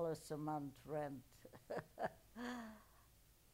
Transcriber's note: chuckles